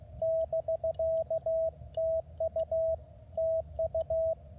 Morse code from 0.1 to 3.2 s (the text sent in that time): <BK>TU